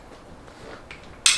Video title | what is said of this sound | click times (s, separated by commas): Helix Titanium Folding Bike Unboxing and Unfolding | two clicks that's | 1.3 s